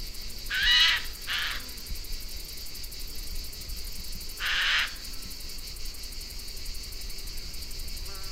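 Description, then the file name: Eurasian jay harsh, rasping screeches: two quick ones near the start and a third a few seconds later, over a steady high insect-like hum. "Garrulus glandarius"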